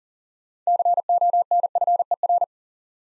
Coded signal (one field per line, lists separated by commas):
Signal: Morse code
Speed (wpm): 40 wpm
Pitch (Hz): 700 Hz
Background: none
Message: CONFER